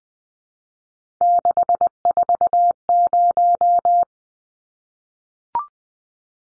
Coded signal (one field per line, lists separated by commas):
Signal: Morse code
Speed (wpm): 20 wpm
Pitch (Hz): 700 Hz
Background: none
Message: 640